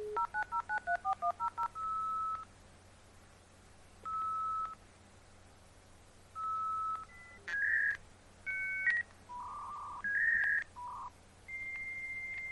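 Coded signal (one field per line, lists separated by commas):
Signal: dial-up modem handshake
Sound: about nine quick dialing beeps, then a series of steady and paired tones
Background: low hum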